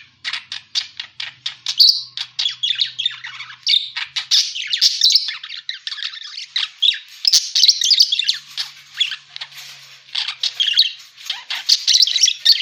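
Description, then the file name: Parakeet gives a run of quick clicking chirps that build into loud, raspy chatter, repeated in pulsing bursts. Lure sound used for catching birds. "pancingan suara burung parkit"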